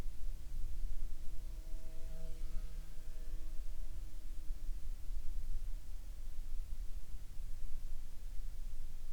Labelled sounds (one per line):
insects